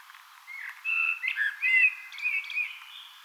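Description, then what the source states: Eurasian blackbird singing one fluty, warbling phrase of varied mellow notes ending in brighter, squeakier twittering, over quiet background hiss. Singing on 18 April 2025.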